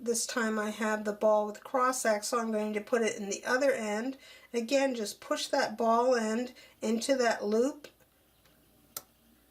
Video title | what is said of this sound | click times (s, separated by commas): Lego Mindstorms Parts - Pegs | you hear a snap or feel it feel that it's caught in there and then depending | 9.0 s